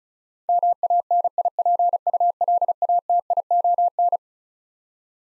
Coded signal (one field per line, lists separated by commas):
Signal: Morse code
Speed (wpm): 34 wpm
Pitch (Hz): 700 Hz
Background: none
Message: MANIPULATION